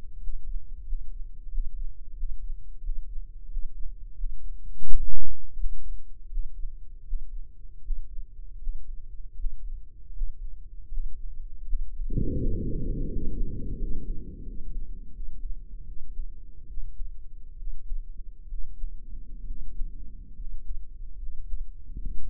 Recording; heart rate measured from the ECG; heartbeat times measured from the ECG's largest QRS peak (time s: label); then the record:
heart sounds by microphone in the right ear; 80 bpm
0.17 s: heartbeat
0.82 s: heartbeat
1.47 s: heartbeat
2.13 s: heartbeat
2.79 s: heartbeat
3.47 s: heartbeat
4.14 s: heartbeat
4.83 s: heartbeat
5.54 s: heartbeat
6.27 s: heartbeat
7.03 s: heartbeat
7.80 s: heartbeat
8.57 s: heartbeat
9.34 s: heartbeat
10.11 s: heartbeat
10.87 s: heartbeat
11.63 s: heartbeat
12.36 s: heartbeat
13.09 s: heartbeat
13.77 s: heartbeat
14.44 s: heartbeat
15.11 s: heartbeat
15.85 s: heartbeat
16.66 s: heartbeat
17.56 s: heartbeat
18.47 s: heartbeat
19.44 s: heartbeat
20.34 s: heartbeat
21.17 s: heartbeat
21.97 s: heartbeat
From the record:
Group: healthy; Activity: breath hold 0-9 s, rest 9-22 s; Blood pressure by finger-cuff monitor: 120/77 mmHg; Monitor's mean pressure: 86 mmHg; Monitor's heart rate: 82 bpm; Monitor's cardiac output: 7.7 L/min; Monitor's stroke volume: 92 mL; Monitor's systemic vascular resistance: 840 dyn s/cm5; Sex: male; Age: 23 years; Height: 178 cm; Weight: 96.6 kg